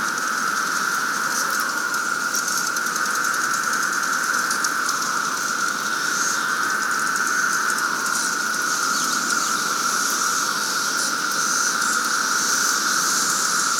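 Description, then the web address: Cicadas in a dense chorus, a steady unbroken droning whine holding one pitch throughout, with a fainter hissing shimmer above it. Cicadas at Sangchris Lake. "The Psychologically Ultimate 220 Year Cicada Bloom. Sangchris Lake Cicadas"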